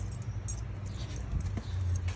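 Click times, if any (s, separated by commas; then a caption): 0.5 s. A plastic retaining clip is slid onto the shifter cable end at the shifter base of a Mk4 GLI after a Neuspeed short shifter install. Over a steady low hum with a few faint ticks, the clip snaps and locks in place with a sharp click at 0.5 s.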